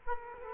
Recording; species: mosquito wingbeat signal from an infrared sensor; Culex quinquefasciatus